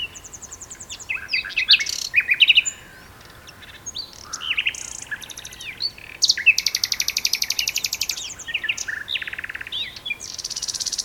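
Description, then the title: Common nightingale singing dense phrases, with buzzy high trills, fast repeated chips and short whistles, broken by a short pause of about a second. Two nightingales singing together as a duet on Westleton Heath. "sanderson. nightingale duet on westleton heath"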